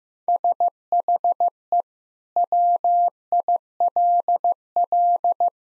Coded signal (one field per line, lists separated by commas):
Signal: Morse code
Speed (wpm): 16 wpm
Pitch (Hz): 700 Hz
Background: none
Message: SHE WILL